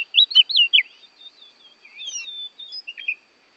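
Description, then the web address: Oriental magpie-robin song: a quick run of loud looping whistled notes, then softer varied warbles and chirps, over a steady thin high-pitched whine. Oriental magpie-robin from Borneo; recording made for training songbirds (masteran). "kacer borneo. masteran kacer"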